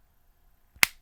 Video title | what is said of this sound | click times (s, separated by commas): Wotofo SRPNT RDA Review | I'll click it into place so you can hear it. | 0.8 s